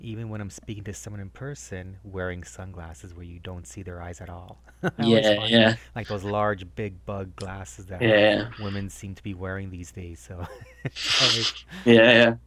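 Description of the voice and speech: Relaxed, fluent adult male conversation with laughter and brief 'yeah' replies; no speech disorder evident here.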